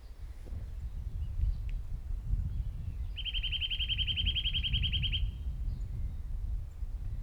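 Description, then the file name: Eurasian nuthatch delivering one rapid, steady trill of repeated high piping notes for about two seconds, over a constant low rumble. "Sitta europaea"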